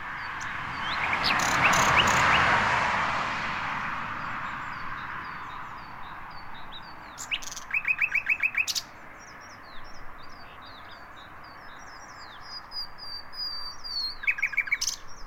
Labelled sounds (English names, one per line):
Common Nightingale song